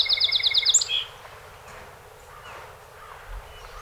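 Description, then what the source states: Song sparrow song ending: a rapid high trill finishing with a sharp note and a short buzz, followed by near silence. A set of 48 songs recorded on 7 June 2018.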